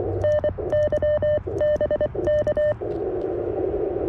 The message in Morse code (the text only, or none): NYBK